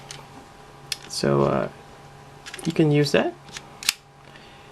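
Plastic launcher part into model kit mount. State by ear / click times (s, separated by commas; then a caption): seated / 3.9 s. A plastic launcher part from a 1/100 scale Lohengrin Launcher kit for the Astray is pressed onto its mount while someone talks, with a few light plastic taps and clicks. A sharp plastic snap at 3.9 s marks the part locking into place, held by friction without needing a magnet.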